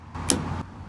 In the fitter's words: the front of the the top of the camera up to the bracket and then you should hear an audible click when you push the bottom in once you get it lined up like